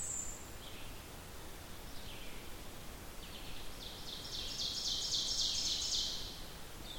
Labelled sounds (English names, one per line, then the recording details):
Ovenbird song
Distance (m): 40 m
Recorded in boreal forest in Alberta, Canada, on 14 June 2016 at 06:13
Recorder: SongMeter 3, array SBT-3-33
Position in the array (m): 110 m, 24 m
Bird 21